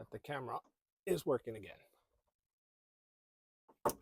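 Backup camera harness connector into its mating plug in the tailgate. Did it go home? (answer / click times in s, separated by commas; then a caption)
yes / 3.9 s. Someone talks, then a Jeep Compass backup camera's electrical harness connector is pushed back into its mating plug in the tailgate as part of fixing a black camera screen. A sharp click at 3.9 s marks the connector seating.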